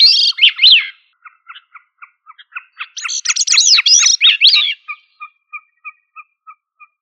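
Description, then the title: Thrush singing varied whistled phrases, then a run of soft, evenly spaced short notes, about three per second. "Familia Turdidae - Sabia"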